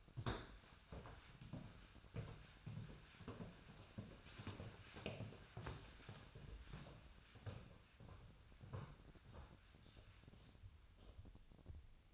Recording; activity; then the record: daily activity, microphone in the room; walk to room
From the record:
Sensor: 2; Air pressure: 1010.0 hPa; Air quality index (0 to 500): 170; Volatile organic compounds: 9 ppm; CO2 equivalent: 2132 ppm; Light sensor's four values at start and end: 33/81/35/39 and 33/82/35/40